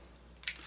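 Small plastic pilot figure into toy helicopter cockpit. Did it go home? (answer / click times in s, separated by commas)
yes / 0.4 s, 0.5 s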